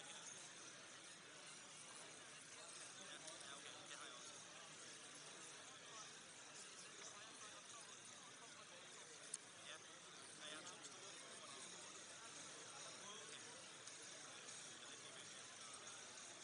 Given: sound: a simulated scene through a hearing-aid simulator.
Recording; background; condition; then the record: conversation; cafeteria; -6 dB SNR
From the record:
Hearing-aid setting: anchor resembling a broken hearing aid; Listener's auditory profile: C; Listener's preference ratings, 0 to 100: 8, 1, 1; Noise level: 65 dB SPL